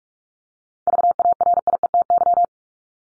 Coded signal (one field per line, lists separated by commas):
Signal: Morse code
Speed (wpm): 44 wpm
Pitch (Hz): 700 Hz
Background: none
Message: VARIETY